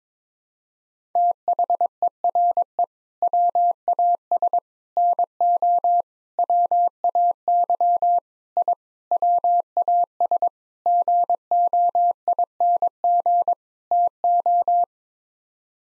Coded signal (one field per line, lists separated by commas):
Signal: Morse code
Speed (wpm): 22 wpm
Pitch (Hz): 700 Hz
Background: none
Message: THERE WAS NO WAY I WAS GOING TO